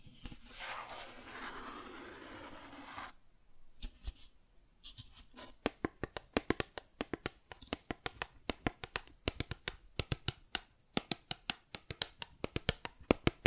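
Cardboard is scraped and rubbed for the first three seconds, a steady rough rasp. After a short pause come quick, sharp snaps and ticks, sparse at first, then dense and fairly regular from about five seconds on, like cardboard being torn in short bursts.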